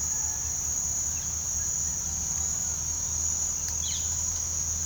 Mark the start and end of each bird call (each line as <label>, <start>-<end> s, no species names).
bird call, 1.08-1.38 s
bird call, 3.67-4.05 s